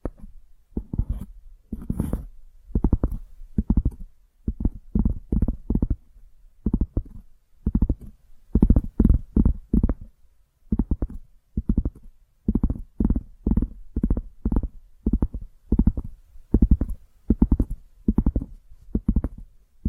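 Rapid, regular tapping runs throughout, dense dull knocks in quick bursts with brief pauses, mostly low and thudding with faint brighter clicks.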